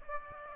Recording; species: mosquito wingbeat signal from an infrared sensor; Aedes aegypti